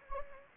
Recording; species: mosquito wingbeat signal from an infrared sensor; Anopheles gambiae